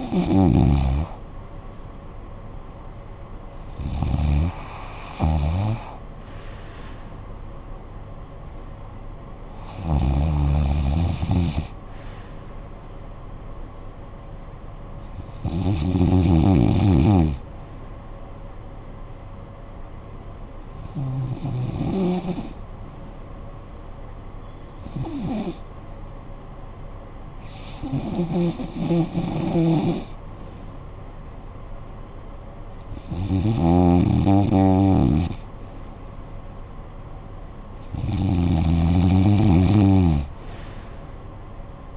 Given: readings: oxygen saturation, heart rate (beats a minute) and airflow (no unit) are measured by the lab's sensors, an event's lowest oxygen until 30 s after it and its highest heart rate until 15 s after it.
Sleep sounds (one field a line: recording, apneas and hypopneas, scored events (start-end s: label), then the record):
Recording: breathing in sleep by a smartphone at the bedside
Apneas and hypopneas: 1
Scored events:
22.00-35.50 s: hypopnea (REM, oxygen 95% highest, then 92% lowest, heart rate 63 at the start, 69 highest)
From the record:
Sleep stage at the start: REM sleep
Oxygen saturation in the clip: 94 to 95%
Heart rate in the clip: 55 to 67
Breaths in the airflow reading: 9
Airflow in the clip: -11.9 to 8.3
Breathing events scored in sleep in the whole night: 445 in 7.6 hours asleep